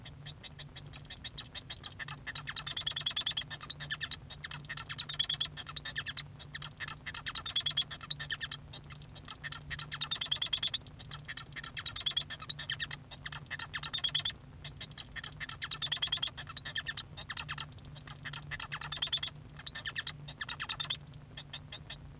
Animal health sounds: song of a male Bengalese finch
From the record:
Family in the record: son of father 1

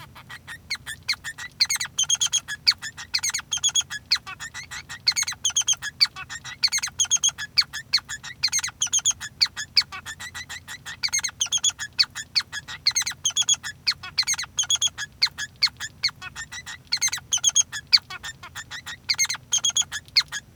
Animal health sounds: song of a male Bengalese finch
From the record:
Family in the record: son of father 3

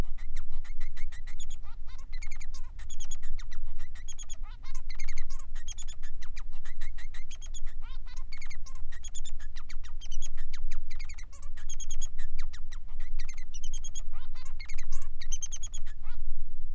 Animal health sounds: song of a male Bengalese finch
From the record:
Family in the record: son of father 3

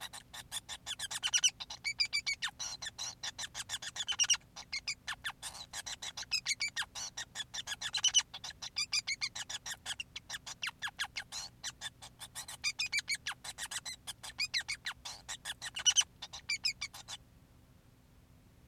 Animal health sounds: song of a male Bengalese finch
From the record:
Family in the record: son of father 5

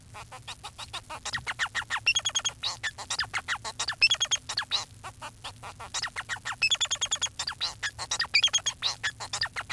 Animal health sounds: song of a male Bengalese finch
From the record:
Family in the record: son of father 4

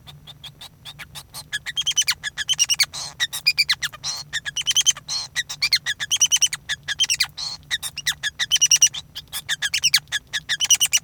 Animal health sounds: song of a male Bengalese finch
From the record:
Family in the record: son of father 5

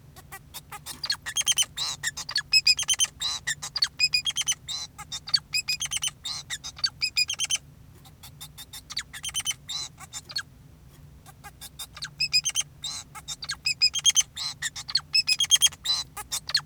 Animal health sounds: song of a male Bengalese finch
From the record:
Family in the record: son of father 2, and himself father 4

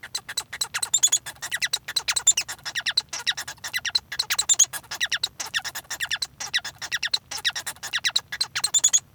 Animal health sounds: song of a male Bengalese finch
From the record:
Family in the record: son of father 1

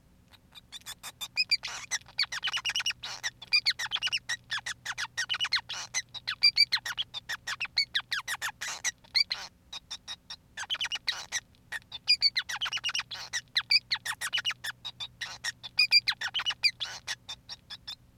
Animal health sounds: song of a male Bengalese finch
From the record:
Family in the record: son of father 5

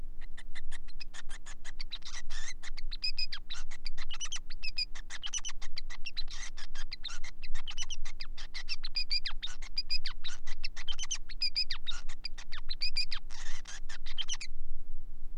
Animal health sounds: song of a male Bengalese finch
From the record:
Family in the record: son of father 5

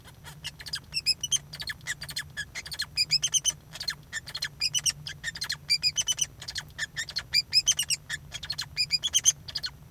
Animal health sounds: song of a male Bengalese finch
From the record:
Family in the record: son of father 2

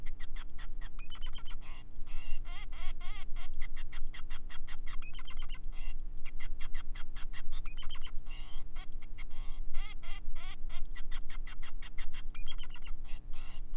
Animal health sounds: song of a male Bengalese finch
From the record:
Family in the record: son of father 5

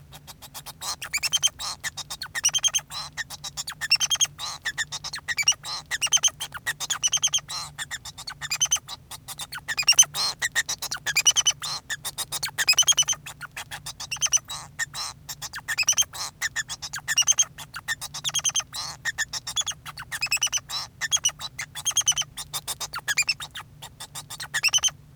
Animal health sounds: song of a male Bengalese finch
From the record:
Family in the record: son of father 2

